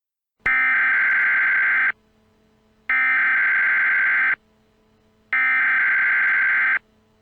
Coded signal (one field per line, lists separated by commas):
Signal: Emergency Alert System (SAME) tones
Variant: header bursts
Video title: EAS Scenario: The High School Massacre